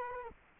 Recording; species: mosquito wingbeat signal from an infrared sensor; Culex quinquefasciatus